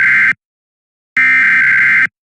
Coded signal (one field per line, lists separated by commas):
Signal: Emergency Alert System (SAME) tones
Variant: header bursts